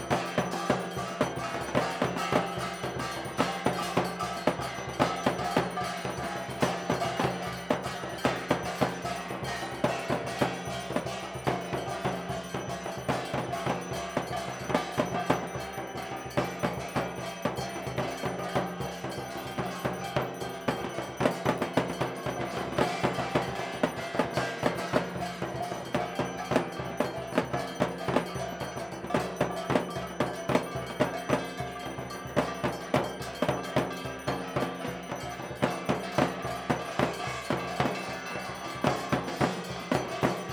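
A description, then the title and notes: Evening aarti at a temple entrance, filled with continuous, rapid clanging of metal bells that ring densely and evenly for the whole stretch. Bright, ringing tones pile up over a low steady hum, with no pauses or quiet moments. Evening Aarti at Kalighat’s Northern Entrance. Near the Kalighat Kali Mandir.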